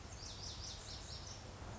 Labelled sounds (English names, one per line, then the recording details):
Lazuli Bunting
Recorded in Sonoma County, California